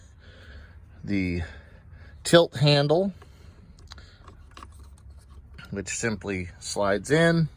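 Someone talks while the tilt lever handle is being slid into the steering column of a 2007 Yukon during clock-spring replacement with airbag and steering wheel removal, with a few faint light ticks between about 3.8 and 4.6 seconds. The handle has not yet been pushed home, and nothing has seated or locked into place by the end of the clip.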